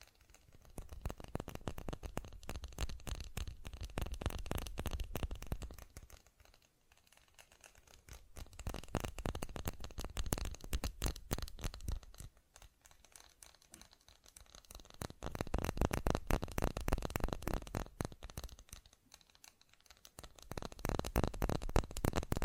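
Fast tapping comes in dense, rapid bursts of sharp clicks with a crisp, slightly crinkly edge. Four runs of several seconds each are separated by brief quieter pauses near the 7, 13 and 19 second marks, with tapping resuming after each.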